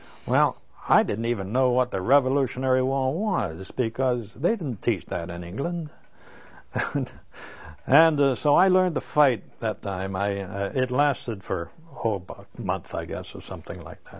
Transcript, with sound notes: Well, I didn't even know what the Revolutionary War was, because they didn't teach that in England. ( he laughs ) And, so I learned to fight at that time. It lasted for, oh, about a month, I guess, or something like